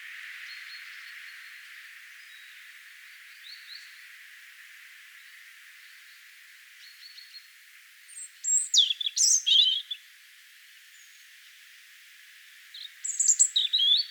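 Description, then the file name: European robin song: thin, high, warbling phrases with quick twittering notes, strongest in two bursts around nine and thirteen seconds, over a faint steady hiss. "Erithacus rubecula"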